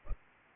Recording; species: mosquito wingbeat signal from an infrared sensor; Culex pipiens